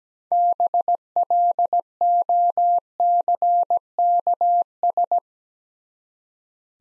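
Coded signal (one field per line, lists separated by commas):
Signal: Morse code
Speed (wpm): 17 wpm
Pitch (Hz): 700 Hz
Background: none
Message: BLOCKS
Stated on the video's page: Morse code practice set of easy words with contextual hints at 17 wpm.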